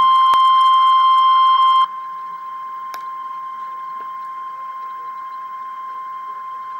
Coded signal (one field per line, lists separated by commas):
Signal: Emergency Alert System (SAME) tones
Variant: 1050 Hz attention tone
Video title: REAL EAS 842-Severe thunderstorm warning